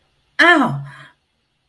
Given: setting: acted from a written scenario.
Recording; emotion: vocal sound without words; pain